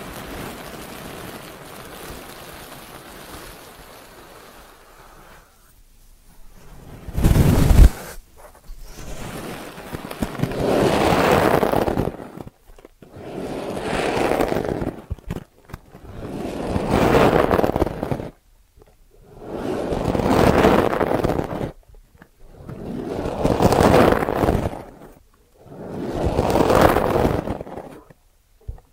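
Ear cleaning sounds: after a quiet, low hiss for the first six seconds, a sharp thump lands near seven seconds. Then comes a run of soft, swelling scrapes and rubs, each lasting about two seconds, repeating roughly every three seconds with short silences between.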